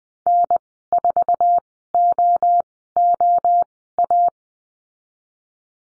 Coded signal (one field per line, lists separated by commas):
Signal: Morse code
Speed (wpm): 20 wpm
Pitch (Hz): 700 Hz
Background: none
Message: N4OOA